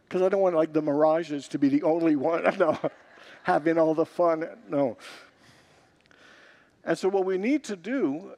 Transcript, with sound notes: Because I don’t want the Maraj’s to be the only one having all the fun. [Congregants laugh] No. And so, what we need to do is: